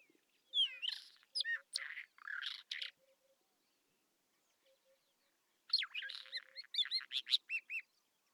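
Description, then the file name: Isabelline Wheatear singing two long runs of jumbled whistles, chattering notes and scratchy buzzes, separated by a pause where a faint, low, repeated note continues. Recorded at Telmen Nuur, Mongolia. "isawheat mng telmen-nuur"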